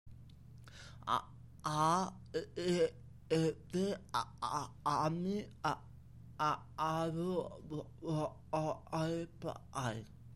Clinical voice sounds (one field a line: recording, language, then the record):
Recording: elicited speech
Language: Bengali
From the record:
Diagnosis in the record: Broca's or global aphasia after a stroke